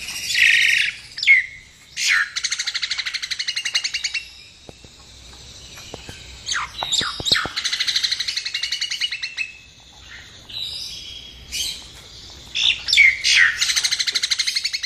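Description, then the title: Nias hill myna giving loud, harsh squawks and buzzy, rattling bursts in short bouts, separated by brief quiet gaps. "Jalak Nias"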